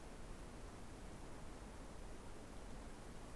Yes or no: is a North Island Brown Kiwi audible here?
no